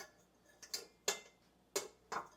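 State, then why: Seated. The stainless steel bowl of a KitchenAid 5.5 Quart Bowl Lift Stand Mixer, its supports set on the pins of the bowl-lift arms, is pressed down at the back. Several sharp, bright clicks sound against a quiet background, at about 0.6–0.8 s, 1.8 s and 2.1 s. The bowl's spring clip snaps into place at 1.1 s, seating the bowl.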